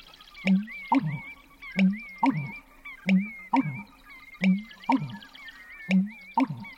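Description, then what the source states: American bittern pumping call: deep, gulping low notes in pairs, repeated in a steady rhythm, overlaid by a wavering whistled bird call. Male in a cattail marsh at dawn, pumping as it got light; inflates throat as a resonant chamber; sounds like a sump pump, 'pump-er-lunk'.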